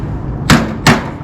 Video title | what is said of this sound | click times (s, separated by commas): Metal Framed Polygon Skylight Installation Instructions | and it's just snapped into place. | 0.5 s, 0.9 s